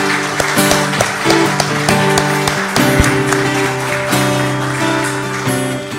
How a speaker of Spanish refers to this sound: Un aplauso fuerte para nuestro Dios.